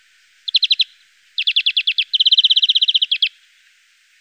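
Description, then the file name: European greenfinch song: a short trill, then a slower run of notes leading into a longer, faster rattling trill, ending in a couple of separate notes. "verdone"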